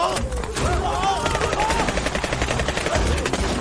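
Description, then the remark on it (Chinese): Rapid, sustained automatic gunfire at a pack of wolves, a fast steady rattle of sharp shots running through the whole stretch, loud and dense, with wavering raised cries rising above it early on. “不是说狼都怕枪吗？他们怎么什么都不怕呀？”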